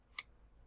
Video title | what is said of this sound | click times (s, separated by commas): Scanner Canon Canoscan 4200F Bisa Scan Klise Negative dengan holder h endrasp shopee | sampai ada suara klik gitu. | 0.2 s